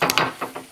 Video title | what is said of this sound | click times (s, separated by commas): Honda Fourtrax 300 front wheel bearing install | have it all the way in there but you just tap it and there you go it snaps into place and | 0.2 s